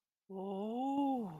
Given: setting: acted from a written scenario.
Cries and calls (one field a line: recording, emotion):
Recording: vocal sound without words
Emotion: awe